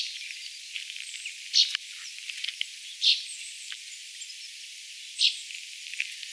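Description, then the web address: Common chaffinch calls, three clear short notes spaced one and a half to two seconds apart, amid scattered faint chirps and steady hiss. Young chaffinch, recorded 22 August 2025. "paivat 22 8 2025 tuollaisia nuoren peipon aania"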